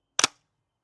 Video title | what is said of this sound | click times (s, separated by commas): How to build a 6ft FENCE & GATE! #videos #gardening #fencing #gates #diy | and hear that click, that's it fully seated. | 0.2 s